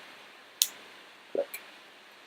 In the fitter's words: slightly fast you see and then you go across until you hear it click now